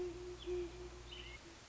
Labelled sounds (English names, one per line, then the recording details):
Great Horned Owl
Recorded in Sonoma County, California